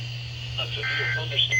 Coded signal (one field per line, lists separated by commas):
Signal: Emergency Alert System (SAME) tones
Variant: end-of-message bursts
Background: speech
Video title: eas alerts from April 15 2024 (read description)